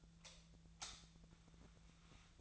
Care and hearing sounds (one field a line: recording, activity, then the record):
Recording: daily activity, microphone in the room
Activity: light off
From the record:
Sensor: 3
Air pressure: 1009.7 hPa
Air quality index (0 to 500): 190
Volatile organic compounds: 14 ppm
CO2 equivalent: 2474 ppm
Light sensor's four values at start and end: 46/120/51/52 and 39/98/42/45